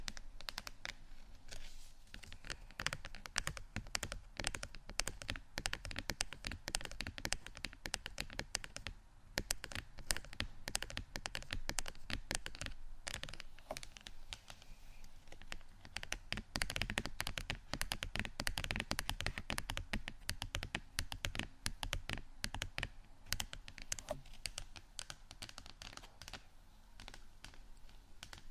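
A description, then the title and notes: Rapid tapping runs the whole way through, dense and uneven like fingertips drumming on a hard surface, crisp and clicky. The pace barely lets up, with brief softer moments around 9 and 15 seconds, over a faint low hum. ASMR Tapping Only For Relaxation（No Talking）.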